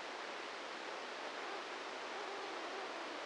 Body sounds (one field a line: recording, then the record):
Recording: brain microelectrode recording played as sound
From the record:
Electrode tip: inside the subthalamic nucleus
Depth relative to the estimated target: -2 mm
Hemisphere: left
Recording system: NeuroSet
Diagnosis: Parkinson's disease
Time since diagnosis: 8 years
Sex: male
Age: 46 years